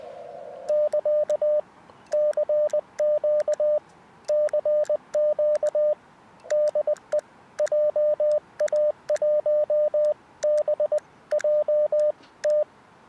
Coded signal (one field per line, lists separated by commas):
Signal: Morse code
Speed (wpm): 20 wpm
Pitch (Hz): 600 Hz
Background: radio noise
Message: <KA> CQ CQ DE JA1BJT